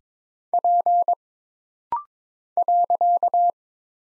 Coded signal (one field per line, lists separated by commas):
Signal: Morse code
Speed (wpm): 22 wpm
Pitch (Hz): 700 Hz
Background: none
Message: P .